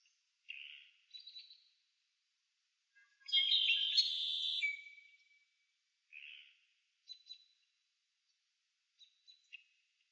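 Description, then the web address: Marsh birds calling: short raspy notes, then a long loud buzzy rattle ending in a thin whistle, followed by scattered brief high calls and silences. "Partners In Rhyme Marsh Birds"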